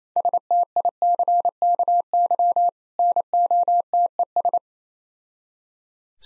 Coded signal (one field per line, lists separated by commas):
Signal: Morse code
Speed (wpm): 27 wpm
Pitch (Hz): 700 Hz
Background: none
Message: STICKY NOTES